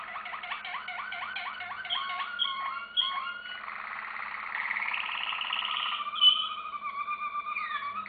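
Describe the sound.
Canary song opening with fast repeated upslurred notes, then a dense buzzy trill rising in pitch, a sharp high note, and a steady whistled ending. A faint hum underneath.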